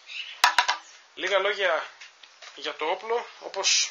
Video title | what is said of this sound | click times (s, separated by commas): Airsoft Unboxing - 1100 $ airsoft guns - Premium SMG's - Assault rifles | εύκολα, δείχνει πολύ στιβαρή και έξω κουμπώνει επίσης πολύ εύκολα. | 0.4 s